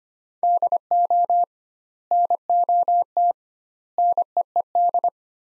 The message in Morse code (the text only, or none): DO NOT NEED